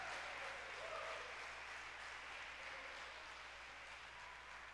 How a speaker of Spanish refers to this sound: Dale un aplauso grande a ese Dios que vive para siempre.